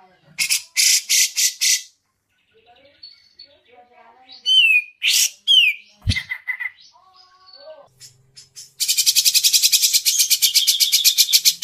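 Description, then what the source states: Grey-cheeked bulbul with clipped harsh bursts and falling whistled slurs, ending in a long fast rasping rattle. Masteran training song, long duration.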